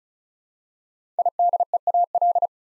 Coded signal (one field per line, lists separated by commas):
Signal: Morse code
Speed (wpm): 36 wpm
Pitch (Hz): 700 Hz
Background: none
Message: IDEAL